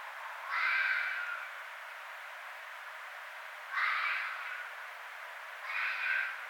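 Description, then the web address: Red fox making three hoarse, screechy barks a few seconds apart, each harsh and noisy, with steady background hiss between calls. Recorded on 6 February 2012. "Red Fox 2012 02 06 Red Fox 01"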